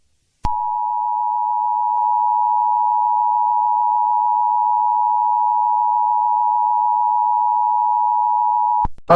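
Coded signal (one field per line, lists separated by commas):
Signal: Emergency Alert System (SAME) tones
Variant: 853 and 960 Hz attention tone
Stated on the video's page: Fictional EAS scenario.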